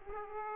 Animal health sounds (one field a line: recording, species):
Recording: mosquito wingbeat signal from an infrared sensor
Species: Aedes aegypti